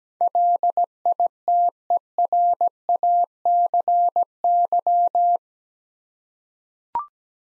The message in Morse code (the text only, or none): LITERACY